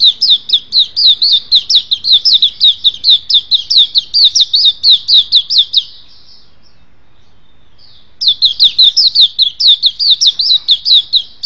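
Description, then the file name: White-eye singing a quick series of thin, high slurred chirps for about six seconds, a short silent gap, then the same rapid chirping resumes. "suara pleci"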